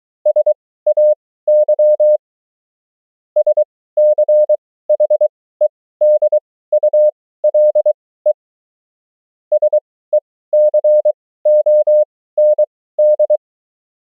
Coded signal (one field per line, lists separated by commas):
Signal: Morse code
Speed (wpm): 23 wpm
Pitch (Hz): 600 Hz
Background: none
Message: SAY SCHEDULE SECOND